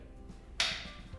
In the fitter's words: you hear that click now it's locked in the stand and it's not gonna move back and forth now